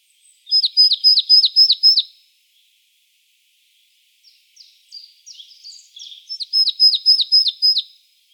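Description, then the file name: Marsh tit with two quick series of ringing, downslurred notes, separated by a soft, scratchy chatter that leads into the second run. "Poecile palustris"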